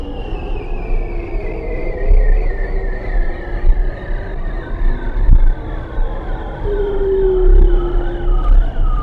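Bearded seal calls, long descending warbled trills overlapping in layers, with a brief brighter tone late on and steady low-frequency noise underneath.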